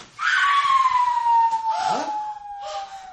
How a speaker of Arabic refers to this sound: ما هذه الصرخة؟ سمعت هذه الصرخة؟ نعم نعم، صرخة مثيرة، لابد أنه مولود جديد.